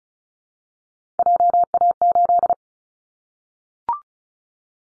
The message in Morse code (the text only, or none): JA8